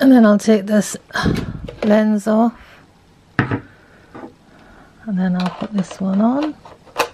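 A Neewer macro extension tube is being handled at a Canon camera's bayonet mount while someone talks, with a sharp tap at 3.4 s, a softer knock near 4.2 s, and short clicks around 7.0 s and 7.2 s. Nothing has seated or clicked home yet.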